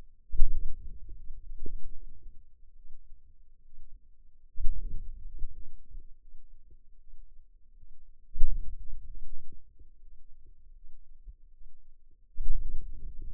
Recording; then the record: forearm muscle sounds (acoustic myography)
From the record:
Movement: hand opening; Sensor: system 2, bracelet of six BSWA MPA416 microphones around the upper forearm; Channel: 6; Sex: female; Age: 23 years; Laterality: right